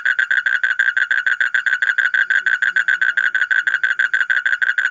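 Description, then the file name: Asian common toad giving a continuous buzzy trill of quick, evenly repeated pulses at a constant pitch, with no pause. "suara kodok bangkong kolong kodok buduk"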